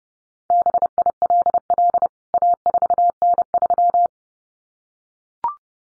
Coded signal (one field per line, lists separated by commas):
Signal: Morse code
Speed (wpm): 30 wpm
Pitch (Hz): 700 Hz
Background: none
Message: BILL A4N3